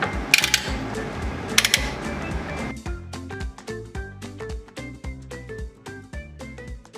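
A torque driver tightens the holder bolt of a jig holder after a pinned jig has been mounted, with music playing throughout and becoming more prominent from about 2.8 seconds. Two bursts of sharp metallic clutch clicks sound at 0.3, 0.4 and 0.5 seconds and again at 1.6, 1.7 and 1.7 seconds. The torque driver clicks at its setting.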